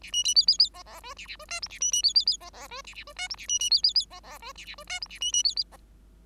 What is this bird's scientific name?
Lonchura striata domestica